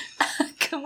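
Two short, harsh coughs less than half a second apart, each with a brief throaty voiced tail. A plain adult cough heard in a quiet indoor room.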